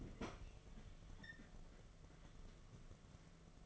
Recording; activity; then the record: daily activity, microphone in the room; open fridge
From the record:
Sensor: 4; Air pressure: 1015.8 hPa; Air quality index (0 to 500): 187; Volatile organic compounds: 9 ppm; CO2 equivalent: 2159 ppm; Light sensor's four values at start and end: 12/28/11/11 and 9/21/9/9